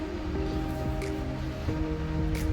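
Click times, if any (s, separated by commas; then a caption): none. A removable part of a Weifeng WF 3717H professional tripod, a plate or column fitting, is handled and refitted into the tripod, which is meant to lock automatically. Soft handling noises are heard over background music, and nothing has seated or clicked yet.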